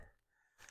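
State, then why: Not seated. A strap latch on a rooftop tent travel cover is pushed toward its buckle, but the tight straps leave it about 5 mm off. Faint rustling and a steady high tone are followed by a brief burst of effort noise with sharp transients around 0.6 to 0.7 s. Nothing has clicked or seated, and the latch does not engage.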